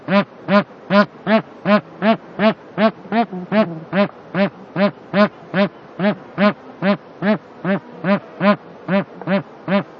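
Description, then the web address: Bar-headed goose honking, a steady run of nasal, harmonic honks repeated about two or three times per second throughout. "wroblowe ptaki anser indicus"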